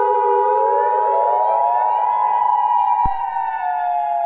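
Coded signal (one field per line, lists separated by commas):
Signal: Emergency Alert System (SAME) tones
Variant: 853 and 960 Hz attention tone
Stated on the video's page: Fictional mini EAS scenario about a nuclear power plant meltdown, not a real alert.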